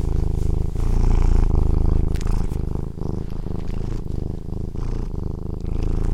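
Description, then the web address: Cat purring, a deep low rumbling throb pulsing rapidly and continuously, rising and falling in loudness. "Tom Hutchings Cat Purring"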